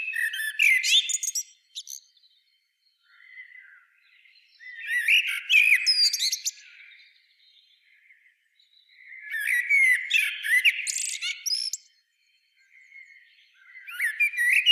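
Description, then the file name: Common blackbird in bouts of harsh, squealing chatter: several loud outbursts of rapid notes separated by short pauses and softer squawks. "Turdus merula"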